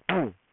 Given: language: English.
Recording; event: throat vibration sensor signal played as sound; throat clearing